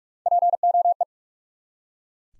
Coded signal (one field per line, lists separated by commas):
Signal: Morse code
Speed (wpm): 44 wpm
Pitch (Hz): 700 Hz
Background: none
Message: POE